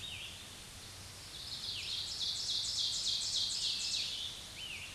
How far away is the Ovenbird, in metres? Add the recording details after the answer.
about 40 m. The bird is about 10 m above the microphone. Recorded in a Pennsylvania forest on 16 May 2024 at 06:33. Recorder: AudioMoth, point MSD-2146. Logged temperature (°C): 16.7 °C. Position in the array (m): 135 m, 5 m